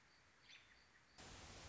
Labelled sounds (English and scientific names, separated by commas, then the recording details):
American Robin (Turdus migratorius)
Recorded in Sonoma County, California